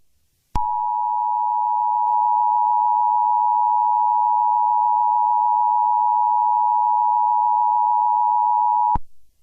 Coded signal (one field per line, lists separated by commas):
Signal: Emergency Alert System (SAME) tones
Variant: 853 and 960 Hz attention tone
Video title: EAS scenario 6 (Easter special): The Easter bunny killer